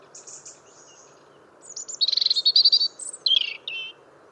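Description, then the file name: European robin song: thin high scratchy notes, then a fast sparkling trill and a sliding twittery phrase, over a steady low hum. "Erithacus rubecula"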